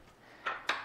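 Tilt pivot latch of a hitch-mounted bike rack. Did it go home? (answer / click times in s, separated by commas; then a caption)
yes / 0.7 s. The metal tilt lever on a Saris MHS (Modular Hitch System) hitch-mounted bike rack is lifted and released, and a metallic clatter at about 0.5 s comes as the rack drops. A sharp click follows at 0.7 s as the tilt pivot latch seats the rack in its angled position.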